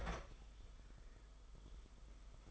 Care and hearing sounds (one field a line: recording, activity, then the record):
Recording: daily activity, microphone in the room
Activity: open fridge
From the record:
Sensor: 5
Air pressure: 991.2 hPa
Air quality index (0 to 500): 113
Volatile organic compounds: 30 ppm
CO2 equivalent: 2951 ppm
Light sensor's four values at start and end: 35/111/42/44 and 35/110/42/45